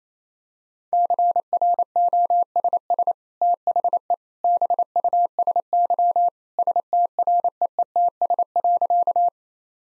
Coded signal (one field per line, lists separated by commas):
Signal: Morse code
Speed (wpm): 28 wpm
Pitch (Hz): 700 Hz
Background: none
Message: CROSS THE BUSY STREETS.